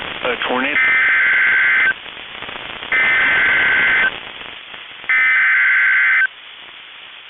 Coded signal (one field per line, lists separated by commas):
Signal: Emergency Alert System (SAME) tones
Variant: header bursts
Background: speech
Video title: EAS Timeline Early March Twin Cities Tornadoes NOAA Weather Radio KEC65/KSTP-FM (KS95)